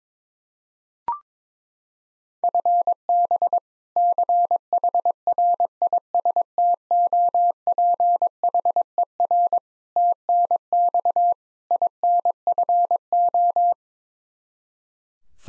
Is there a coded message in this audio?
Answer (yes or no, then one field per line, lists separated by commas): yes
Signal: Morse code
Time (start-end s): 2.4-13.7 s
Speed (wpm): 22 wpm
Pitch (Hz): 700 Hz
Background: none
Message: FB CHRISTOPHER TNX INFO